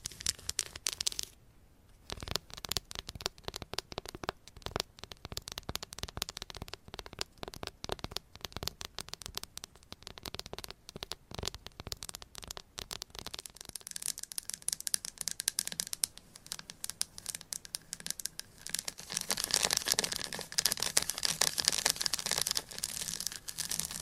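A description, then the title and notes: Tapping in dense, irregular bursts of sharp clicks, nearly continuous with a brief pause near the second second. A crinkly, crackling quality runs through it, and after about 19 seconds the taps thicken into a brighter, hissier rustle before easing slightly. ASMR IMMUNITY TEST 10 Levels of Tapping INTENSE Trigger Warning! No Talking.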